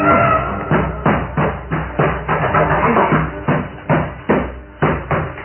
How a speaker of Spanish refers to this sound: Y Jim Preston y Rude Tornel golpeaban la puerta en intento inútil de escapar.